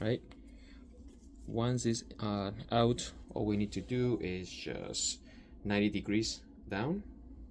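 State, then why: Not seated. An insulin pen is held at 90° and pressed down onto the injection site while someone talks over a low steady background hum. Nothing has seated or clicked yet, and the clip ends before the pen clicks.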